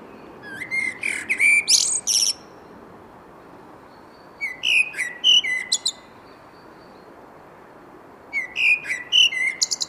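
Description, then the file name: Eurasian blackbird song: three phrases, each a fluty warble mixed with sharp, high squeaky twitters, separated by short pauses over steady background hiss. "Turdus merula"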